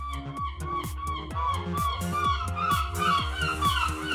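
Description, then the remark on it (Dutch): Several gulls squawk and cry over one another in harsh, overlapping calls as they crowd around food, with a steady, rhythmic low pulse running beneath the constant racket. “dit jatgedrag hebben wij die meeuwen zelf aangeleerd”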